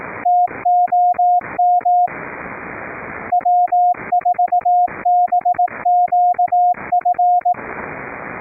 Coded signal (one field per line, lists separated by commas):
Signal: Morse code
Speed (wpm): 18 wpm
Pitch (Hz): 710 Hz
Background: radio noise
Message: TOM W4BQF